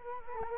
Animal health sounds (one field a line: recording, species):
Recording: mosquito wingbeat signal from an infrared sensor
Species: Culex quinquefasciatus